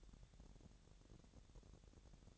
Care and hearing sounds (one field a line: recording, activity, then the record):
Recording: daily activity, microphone in the room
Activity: take from stove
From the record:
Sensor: 3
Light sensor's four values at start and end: 113/268/111/101 and 114/268/111/101